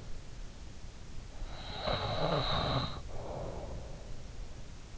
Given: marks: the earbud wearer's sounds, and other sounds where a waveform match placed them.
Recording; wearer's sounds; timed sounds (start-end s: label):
sounds in sleep by an in-ear microphone; snoring breath
1.34-4.14 s: snoring breath